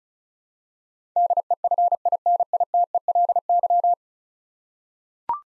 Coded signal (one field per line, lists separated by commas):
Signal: Morse code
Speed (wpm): 36 wpm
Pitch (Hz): 700 Hz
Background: none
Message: DEFINITELY